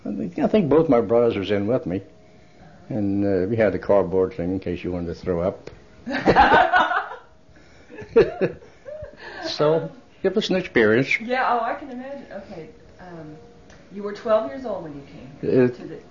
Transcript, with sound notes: I think both my brothers was in with me, and we had the cardboard thing in case you wanted to throw up. ( they laugh ) So it was an experience.
Yeah, oh, I can imagine. You were twelve years old when you came.